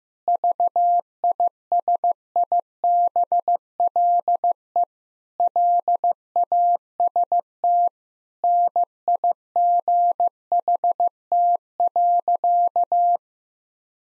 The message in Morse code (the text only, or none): VISIBLE LAST NIGHT.